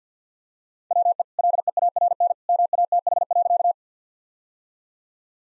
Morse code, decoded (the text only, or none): WE LEARN MATH.